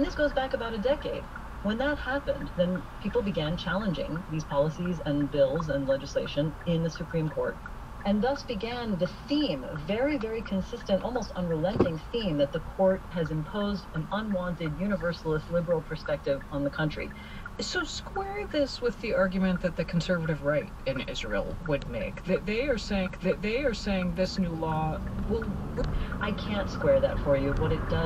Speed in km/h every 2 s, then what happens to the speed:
0, 0, 0, 0, 0, 0, 0, 0, 0, 0, 0, 0, 0, 24.
0-24 standing. 24-28 pulls away to 24.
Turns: none.